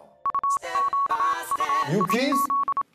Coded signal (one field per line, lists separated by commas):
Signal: Morse code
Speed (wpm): 27 wpm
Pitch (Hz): 1110 Hz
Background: speech, music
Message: UQUIZ